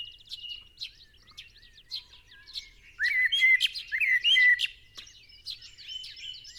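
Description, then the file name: Common blackbird singing a loud fluted, warbling phrase midway through, amid constant high chirps and twitters from many other birds. "Turdus merula"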